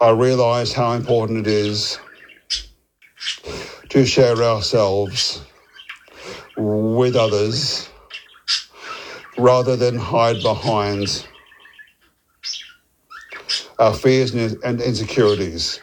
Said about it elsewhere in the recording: As someone who stutters, I spent a lot of time navigating those challenges. I recently attended a Maguire course in Melbourne to work on my speech and take back control.